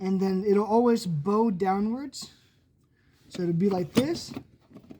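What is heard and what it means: Someone talks while handling a convertible top transmission part on a 2000 Porsche Boxster 986 soft top during a broken-gears fix, lining it up on its two notches to go into its own spot in the top mechanism. Speech fills most of the clip, with a short pause in the middle and only faint, quiet handling sounds near the end. Nothing has seated or locked into place yet.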